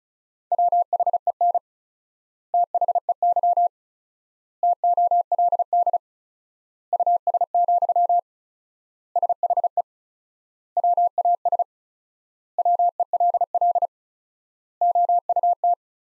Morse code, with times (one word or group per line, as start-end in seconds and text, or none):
0.5-1.6 WHEN
2.5-3.7 THEY
4.6-6.0 TOLD
6.9-8.2 US,
9.2-9.8 SHE
10.8-11.6 WAS
12.6-13.9 WELL
14.8-15.7 OUT